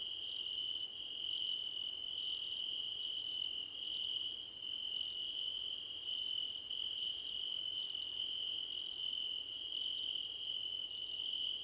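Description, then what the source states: Crickets in a chorus, one continuous shrill trill overlaid with high pulsed chirp bursts separated by short breaks, and short chirps from other callers. Several crickets chirping together, described as a choir competition.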